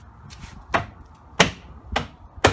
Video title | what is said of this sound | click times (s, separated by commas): Nissan Altima 03 door won't open from inside | And you can hear it snap in place. | 2.4 s